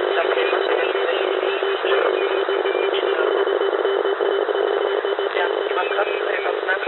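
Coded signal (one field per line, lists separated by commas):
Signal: coded military voice message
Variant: Russian; The Pip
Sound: noisy shortwave voice reading a coded message, with faint background tones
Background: radio static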